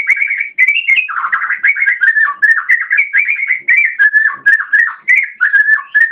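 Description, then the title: Oriental magpie-robin song, an unbroken rambling warble of quick whistled and chattering notes at an even, fairly high pitch. Magpie-robin chirping. "Kicau Kacer"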